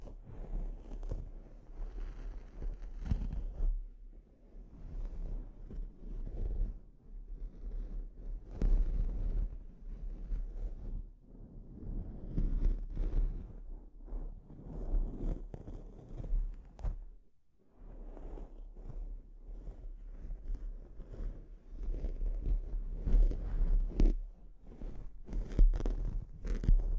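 A scalp treatment: soft, irregular rubbing and rustling through hair, rising and falling in short bursts with a brief quiet pause near the seventeen-second mark. A low steady hum sits underneath, and a few sharp little clicks appear toward the end.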